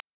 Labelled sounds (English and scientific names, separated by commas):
Black-throated Blue Warbler (Setophaga caerulescens) flight call